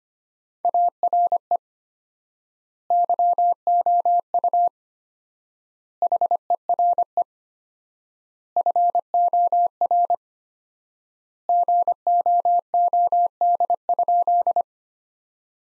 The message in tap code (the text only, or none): none